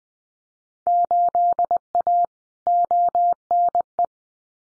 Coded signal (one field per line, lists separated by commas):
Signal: Morse code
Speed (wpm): 20 wpm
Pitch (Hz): 700 Hz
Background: none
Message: 8A ONE